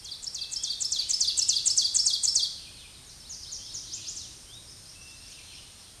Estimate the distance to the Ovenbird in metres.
about 20 m